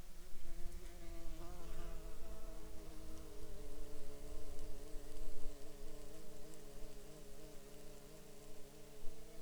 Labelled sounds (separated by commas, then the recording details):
insects
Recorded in the Arctic National Wildlife Refuge, Alaska, on 31 July 2019 at 08:22
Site 48